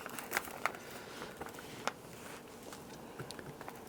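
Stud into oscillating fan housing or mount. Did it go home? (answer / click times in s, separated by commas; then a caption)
no / none. During reassembly of a Panasonic F-1206 5-way oscillating fan with a riveted motor, a stud is pressed into its plastic mount, producing faint scraping and a few sharp ticks around 0.4, 0.7 and 1.9 seconds. The stud does not snap into place; nothing has seated or clicked yet.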